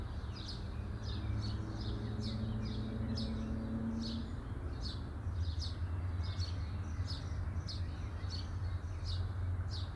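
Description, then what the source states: Birds giving bright, high chirps in a fast, even series against a constant deep background hum. Birds chirping at midday.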